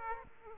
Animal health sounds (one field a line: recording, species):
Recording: mosquito wingbeat signal from an infrared sensor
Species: Aedes aegypti